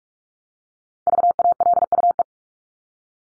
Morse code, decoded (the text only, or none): VALUE